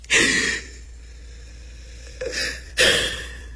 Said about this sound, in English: Come on. Come on. Let's just breathe. Take a deep breath